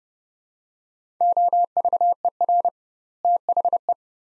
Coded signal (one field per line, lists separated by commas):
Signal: Morse code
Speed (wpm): 30 wpm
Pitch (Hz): 700 Hz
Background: none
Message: OVER THE